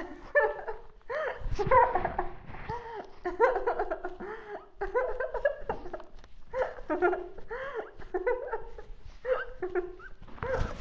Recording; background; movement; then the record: laughter; quiet; sitting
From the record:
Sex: female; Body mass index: 18.8 kg/m2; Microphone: on the chest, facing the body